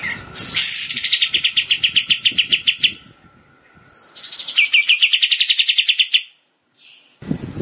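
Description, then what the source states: Bar-winged prinia song: two fast trills of high chipping notes, each led by a thin whistle, over a steady low hum; a burst of noise at the end. Rice-field (sawah) song variety.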